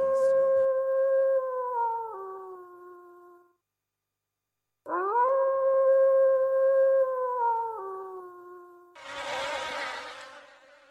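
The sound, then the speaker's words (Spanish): Two long, steady wolf howls, each holding a clear mid-pitched tone before sliding downward, separated by a brief silence, then a rougher, noisier howl bursts in at the end. “Muy bonito escuchar el lobo.”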